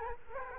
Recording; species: mosquito wingbeat signal from an infrared sensor; Culex quinquefasciatus